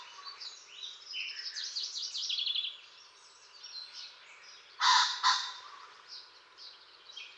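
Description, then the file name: Common pheasant gives a loud, harsh double crow, two rasping bursts in quick succession, amid busy chirping and twittering songbirds. "bazant"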